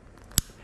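The spring-loaded side door on a GoPro HERO 9 Black action camera body snaps shut again. It latches with a sharp plastic click at 0.4 s, after faint earlier ticks. The door is confirmed closed, and the click is meant to keep users from forgetting to close it.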